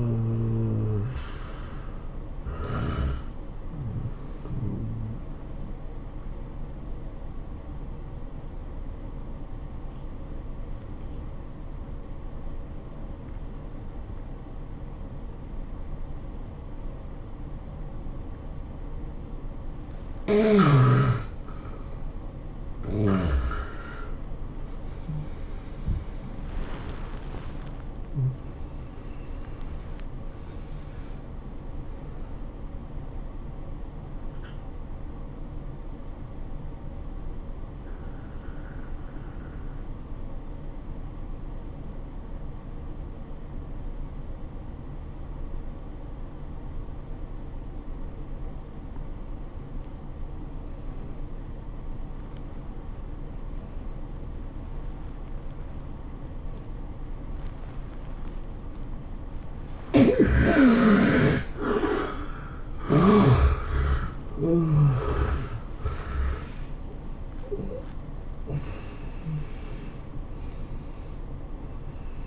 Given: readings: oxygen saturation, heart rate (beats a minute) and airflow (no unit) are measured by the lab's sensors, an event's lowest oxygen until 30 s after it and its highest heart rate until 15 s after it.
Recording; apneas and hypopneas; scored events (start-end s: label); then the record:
breathing in sleep by a smartphone at the bedside; 2
3.00-33.00 s: new sleep stage, awake
5.00-21.00 s: hypopnea (scored as awake, oxygen 91% highest, then 81% lowest, heart rate 87 at the start, 96 highest)
5.00-36.00 s: awake
33.00-72.26 s: new sleep stage, N1 (lightest sleep)
36.00-59.70 s: obstructive apnea (N1, oxygen 95% highest, then 74% lowest, heart rate 80 at the start, 103 highest)
From the record:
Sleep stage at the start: N1 (lightest sleep); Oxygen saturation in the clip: 74 to 95%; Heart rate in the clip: 75 to 103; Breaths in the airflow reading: 10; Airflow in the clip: -15.1 to 16.2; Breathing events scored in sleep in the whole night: 403 in 5.5 hours asleep